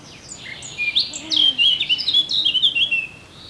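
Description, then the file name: Eurasian blackcap singing one hurried, varied warble of squeaky and fluty notes lasting about three seconds. "Sylvia atricapilla"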